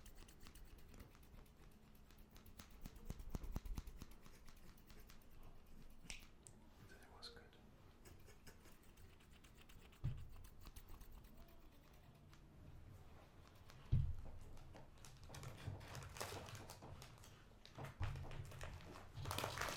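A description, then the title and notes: Scissors cut through paper and plastic close up, making a dense run of quick, crisp snips and clicks. Sharper, louder cuts land near 10 and 14 seconds, and the last few seconds bring brighter, rustling bursts of crinkling material. Scissors Sounds Cutting Paper and Plastic near you.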